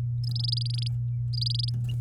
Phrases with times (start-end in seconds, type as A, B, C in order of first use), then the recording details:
0.23-0.88 A, 1.33-1.70 A. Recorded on 8 May 2018 at 08:03. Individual llb16